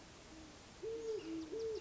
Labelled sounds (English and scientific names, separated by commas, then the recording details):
Great Horned Owl (Bubo virginianus)
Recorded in Sonoma County, California